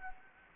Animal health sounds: mosquito wingbeat signal from an infrared sensor; Anopheles gambiae

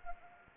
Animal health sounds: mosquito wingbeat signal from an infrared sensor; Anopheles arabiensis

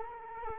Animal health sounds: mosquito wingbeat signal from an infrared sensor; Culex quinquefasciatus

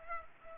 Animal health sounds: mosquito wingbeat signal from an infrared sensor; Culex pipiens

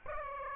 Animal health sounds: mosquito wingbeat signal from an infrared sensor; Aedes aegypti

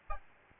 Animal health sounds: mosquito wingbeat signal from an infrared sensor; Aedes albopictus

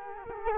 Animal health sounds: mosquito wingbeat signal from an infrared sensor; Culex quinquefasciatus

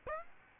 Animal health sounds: mosquito wingbeat signal from an infrared sensor; Aedes aegypti

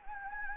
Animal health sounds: mosquito wingbeat signal from an infrared sensor; Anopheles gambiae

